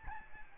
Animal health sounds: mosquito wingbeat signal from an infrared sensor; Aedes albopictus

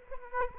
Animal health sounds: mosquito wingbeat signal from an infrared sensor; Aedes aegypti

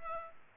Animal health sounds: mosquito wingbeat signal from an infrared sensor; Culex pipiens

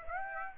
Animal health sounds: mosquito wingbeat signal from an infrared sensor; Aedes aegypti

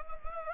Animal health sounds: mosquito wingbeat signal from an infrared sensor; Anopheles gambiae

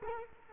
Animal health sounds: mosquito wingbeat signal from an infrared sensor; Culex quinquefasciatus

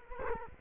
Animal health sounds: mosquito wingbeat signal from an infrared sensor; Culex quinquefasciatus

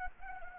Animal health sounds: mosquito wingbeat signal from an infrared sensor; Anopheles gambiae

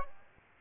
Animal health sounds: mosquito wingbeat signal from an infrared sensor; Aedes aegypti

